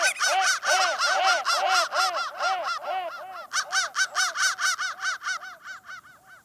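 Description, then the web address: Crow calls pouring out continuously, a fast run of short arched harsh notes, easing slightly toward the end. "soundfactory crow"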